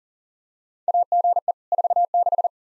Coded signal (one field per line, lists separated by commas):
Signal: Morse code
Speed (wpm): 40 wpm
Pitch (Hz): 700 Hz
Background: none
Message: AGE 46